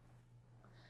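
The driver's seat recline lever on the left-hand side of a 2026 Newmar Bay Star Sport is handled as the seat back is tilted, against a steady low hum with a faint, brief tick near 0.6 s. The lever has not been released, and the recline lock has not seated or clicked yet.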